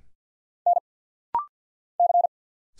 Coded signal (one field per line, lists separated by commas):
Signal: Morse code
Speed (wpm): 50 wpm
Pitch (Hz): 700 Hz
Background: none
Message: N C